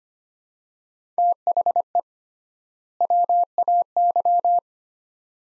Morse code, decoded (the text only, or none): THE WAY